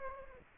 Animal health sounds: mosquito wingbeat signal from an infrared sensor; Aedes aegypti

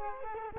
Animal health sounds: mosquito wingbeat signal from an infrared sensor; Culex quinquefasciatus

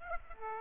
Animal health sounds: mosquito wingbeat signal from an infrared sensor; Aedes aegypti

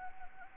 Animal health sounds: mosquito wingbeat signal from an infrared sensor; Anopheles gambiae

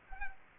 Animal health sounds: mosquito wingbeat signal from an infrared sensor; Culex quinquefasciatus

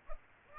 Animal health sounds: mosquito wingbeat signal from an infrared sensor; Aedes aegypti

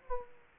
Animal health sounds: mosquito wingbeat signal from an infrared sensor; Aedes aegypti

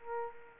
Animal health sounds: mosquito wingbeat signal from an infrared sensor; Culex quinquefasciatus

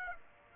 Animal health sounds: mosquito wingbeat signal from an infrared sensor; Aedes aegypti

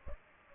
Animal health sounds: mosquito wingbeat signal from an infrared sensor; Culex pipiens

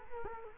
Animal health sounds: mosquito wingbeat signal from an infrared sensor; Culex quinquefasciatus

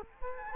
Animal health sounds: mosquito wingbeat signal from an infrared sensor; Culex quinquefasciatus

